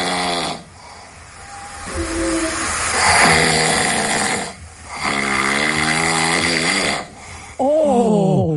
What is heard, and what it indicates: It's snoring on the way in and out. Like, normally, it's kind of just one way. He's breathing in and breathing out. He's snoring. Anita nominated her husband. She said it's so disruptive for her to get a good sleep that they started sleeping on separate floors in their house. But she can still hear him snoring.